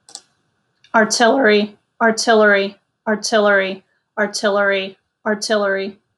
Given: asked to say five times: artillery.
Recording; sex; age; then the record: repeated word; female; 30 to 39 years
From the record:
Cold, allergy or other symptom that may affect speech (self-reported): no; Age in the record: 35 years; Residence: North Carolina, United States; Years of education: 14